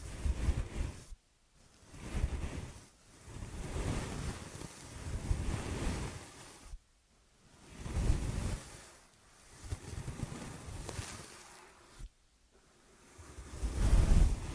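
Ear and scalp massage, heard as rough, whooshing rubbing that swells and fades in waves lasting a few seconds each. The sound is heavy and rumbling underneath with a hiss on top, broken by short near-silent pauses around 1, 3, 7, 9 and 12 seconds.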